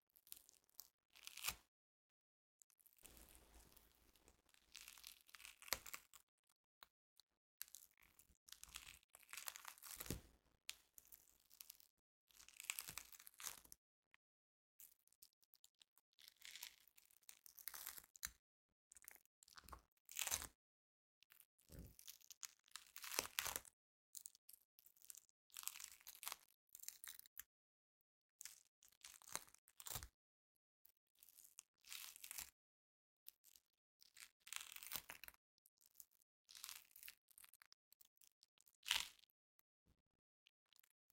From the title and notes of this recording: ASMR Satisfying Sticky Floam Sounds (no talking). Satisfying sticky floam trigger sounds (slime-like molding material with beads).